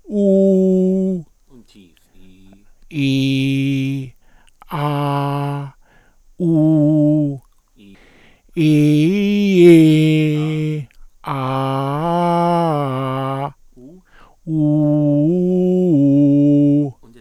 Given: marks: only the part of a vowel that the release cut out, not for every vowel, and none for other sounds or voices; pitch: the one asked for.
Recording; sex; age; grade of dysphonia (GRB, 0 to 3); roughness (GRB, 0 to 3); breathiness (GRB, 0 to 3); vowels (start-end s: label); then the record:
sustained vowels; male; 60 to 69 years; 2; 2; 1
0.31-1.16 s: vowel /u/, high pitch
2.99-4.02 s: vowel /i/, low pitch
4.78-5.61 s: vowel /a/, low pitch
6.46-7.33 s: vowel /u/, low pitch
11.48-13.25 s: vowel /a/, low-high-low pitch
14.61-16.79 s: vowel /u/, low-high-low pitch
From the record:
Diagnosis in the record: presbyphonia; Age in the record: 69 years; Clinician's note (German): Leichte Form, kein pathologischer Befund, hohe mittlere Sprechstimmlage